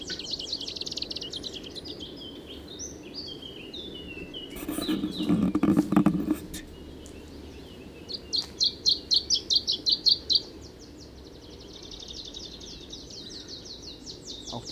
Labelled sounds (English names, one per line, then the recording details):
Canary Islands Chiffchaff song
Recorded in the wild
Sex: male
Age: adult
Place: Privatpark "Chiripa" in Puerto de la Cruz, Teneriffa, Teneriffa, Kanarischen Inseln, ES
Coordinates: 28.4094, -16.5447
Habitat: shrubbery, park
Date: 1965-03-28 14:40
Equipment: Nagra III PH, LGS26
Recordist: Faber, A. and Schneider, H.-J